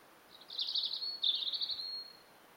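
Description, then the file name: European robin giving a single rippling, twittering phrase of fast high notes in two linked bursts, lasting about two seconds over faint steady hiss. "Erithacus rubecula"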